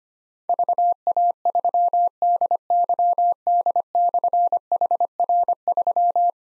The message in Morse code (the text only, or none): VA3DYD/HR3